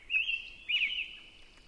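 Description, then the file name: Robin song: two quick warbled whistled phrases in close succession, bright and clear, over a quiet background. Recorded at 6 am on 20 June 2005. "jh-050620-6 am-robin"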